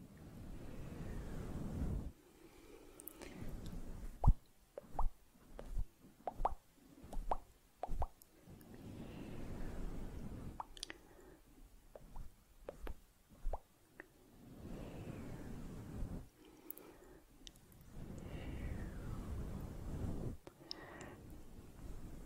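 Soft, slow mouth sounds alternate with stretches of fluffy brushing over the mic. The brushing comes as low, rustling swells, around the first two seconds and again from about ten to twelve and fifteen to twenty-one seconds, while wet clicks and smacks pop out between them at an irregular pace.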